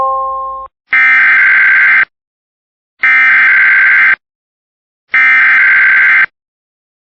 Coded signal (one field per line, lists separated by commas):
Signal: Emergency Alert System (SAME) tones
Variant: header bursts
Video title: EAS compilation (EAS 38-62) #happy4thofjuly!